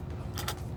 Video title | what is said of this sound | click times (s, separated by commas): Disney's Cheapest Resort - All-Star Sports, Full Room Tour, Food, Amenities, Transportation | I hear it. Do the click, click. | 0.4 s, 0.5 s